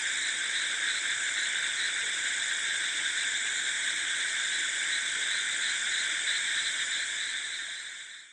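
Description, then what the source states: Frogs and insects calling together, a constant dense high-pitched drone, fading away at the very end. Frogs and insects calling together in a rice field at night; close-wide recording.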